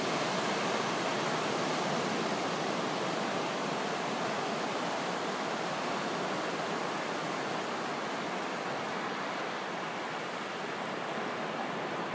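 Ocean surf at the Pacific shore blends into a continuous, dense rushing hiss, bright and full, with no separate wave breaks standing out. The level holds nearly constant for the whole stretch, easing only slightly toward the end.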